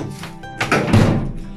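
The loading door of a front-loading Indesit washing machine is pushed shut, latching with clicks at 0.6 s and 0.7 s. A heavier thunk follows at about 0.9 s, and the door is closed and latched.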